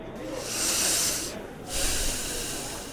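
Two long, airy inhales drawn sharply through the nose, each a steady hissing rush lasting about a second, separated by a brief pause. No one speaks.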